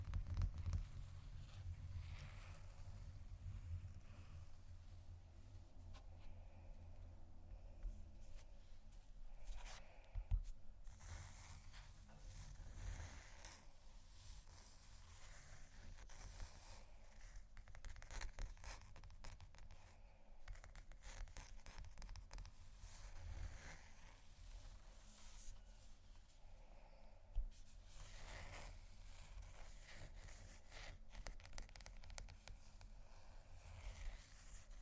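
Scratching and tapping on textured surfaces, a dense run of dry, rasping strokes with short clicks scattered throughout. The sound stays busy and fairly even for the whole stretch, with a few sharper taps near 10 and 27 seconds over a low steady hum.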